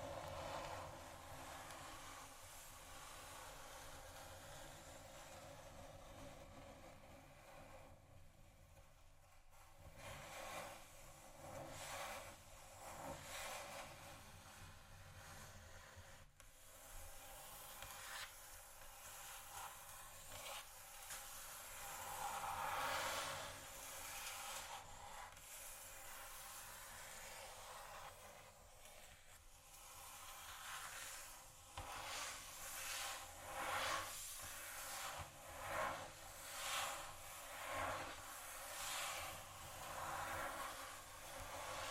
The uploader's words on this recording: ASMR Tap & Scratch On Table Surfaces （No Talking）.